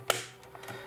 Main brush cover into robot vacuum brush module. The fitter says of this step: align like this, and then push it down until you hear a click noise like that.